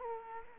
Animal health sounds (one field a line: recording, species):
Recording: mosquito wingbeat signal from an infrared sensor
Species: Culex quinquefasciatus